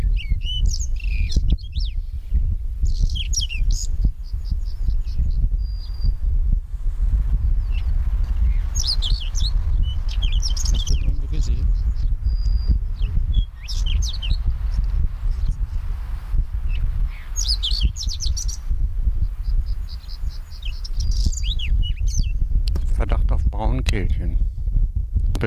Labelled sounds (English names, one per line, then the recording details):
Whinchat song
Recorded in the wild
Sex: male
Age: adult
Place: Bötzow - Krämer, Brandenburg, DE
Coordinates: 52.6736, 13.0725
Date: 1997-05-18 14:17
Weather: sunny, 27°C, partly gusty winds
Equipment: Sony MD-WM MZ-R3, Sennheiser MKH 416 T, Kopie Uher 4000 Report Monitor
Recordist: Tembrock, Günter
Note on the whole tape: Braunkehlchen (?): Gesang (mit Imitationen, z.B. Buchfink) längere Strecke, Tier nicht gesehen